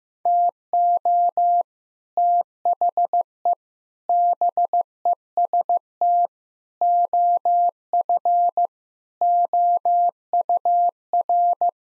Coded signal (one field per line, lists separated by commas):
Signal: Morse code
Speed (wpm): 16 wpm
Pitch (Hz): 700 Hz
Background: none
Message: TO THE BEST OF OUR